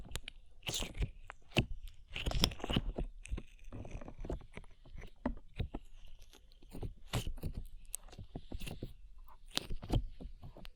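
Slime being squished and pressed, with dense, irregular wet clicks and pops throughout. Louder squelching bursts come around the two-and-a-half, seven and ten second marks, between stretches of quieter sticky crackling and a faint hiss.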